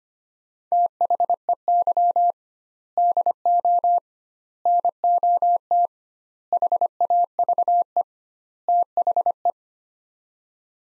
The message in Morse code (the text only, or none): THEY DO NOT HAVE THE